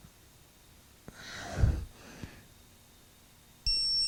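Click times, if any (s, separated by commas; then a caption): 3.7 s. An electronic torque wrench tightens the second bearing cap bolt into the differential carrier housing of a 1963 Chevrolet Biscayne Positraction differential, set to 70-75 ft-lb. A faint tap at 1.1 s leads into a soft, breathy rush of turning that fades out by about 2.4 s. At 3.7 s a steady high electronic beep sounds and holds to the end, signaling that the bolt has reached torque.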